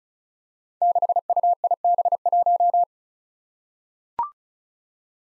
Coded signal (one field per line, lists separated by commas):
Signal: Morse code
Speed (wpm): 36 wpm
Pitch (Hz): 700 Hz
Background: none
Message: 6UIB1